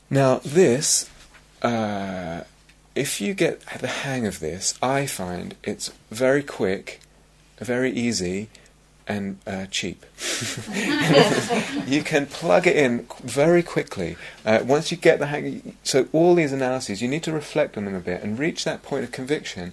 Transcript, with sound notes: Now this -- if you get the hang of this, I find it's very quick, very easy, and cheap. [laughter] You can plug it in very quickly, once you get the hang -- so all these analyses, you need to reflect on them a bit and reach that point of conviction.